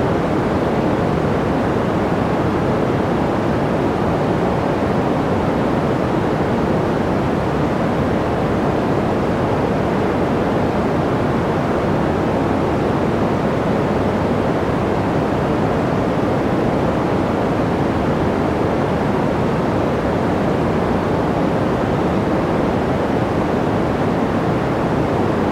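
A steady wash of soft green noise, dense and unchanging for the whole stretch, with most of its weight in the low and middle range and a gently rolled-off top. No events break the hiss; it sounds even, like surf or an engine hum.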